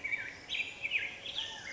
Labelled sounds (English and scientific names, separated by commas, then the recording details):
Black-headed Grosbeak (Pheucticus melanocephalus)
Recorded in Sonoma County, California